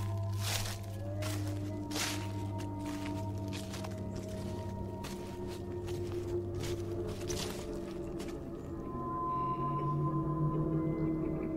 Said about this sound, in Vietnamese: Thậm chí có đôi lúc tiếng bước chân loạt xoạt.